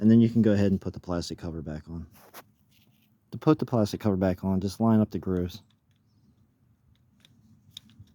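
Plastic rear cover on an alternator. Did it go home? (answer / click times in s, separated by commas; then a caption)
yes / 7.8 s. Someone talks while the plastic rear cover of a Nissan alternator is lined up with the grooves on the back of the alternator and pressed on during a voltage regulator replacement. After a quiet stretch, a sharp snap at 7.8 s, with fainter ticks around it, marks the cover seating into place.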